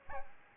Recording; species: mosquito wingbeat signal from an infrared sensor; Aedes albopictus